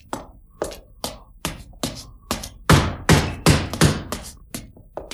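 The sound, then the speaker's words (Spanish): A rapid series of heavy, resonant blows pounds on wood, resounding through a house, with wood splintering; about a dozen strikes in quick succession, growing louder and fuller midway before easing slightly, with no voices. “Por toda la casa resonaron pesados golpes y el astillarse de maderas.”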